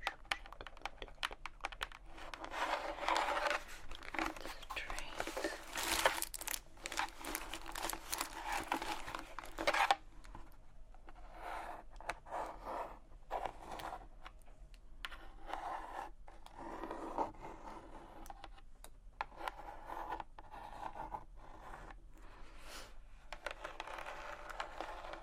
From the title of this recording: Candy Sounds Tapping, Crinkles, Rummaging, Mouth Sounds